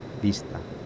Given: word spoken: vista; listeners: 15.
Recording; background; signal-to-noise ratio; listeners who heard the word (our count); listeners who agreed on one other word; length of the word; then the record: one Spanish word in noise, from a listening test; speech-shaped noise; 9.6 dB; 6 of 15; 9 of 15; 0.46 s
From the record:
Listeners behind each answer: 9, 6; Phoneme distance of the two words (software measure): 10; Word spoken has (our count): 2 syllables, 5 phonemes, stress on syllable 1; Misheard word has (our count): 2 syllables, 5 phonemes, stress on syllable 1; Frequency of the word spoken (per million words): 202.88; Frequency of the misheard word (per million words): 37.91